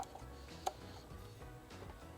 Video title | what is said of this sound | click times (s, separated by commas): Project Odin -- Full Odin Installation -- Step by Step for 2011-2014 Mustang GT | Get that snapped into place. | 0.7 s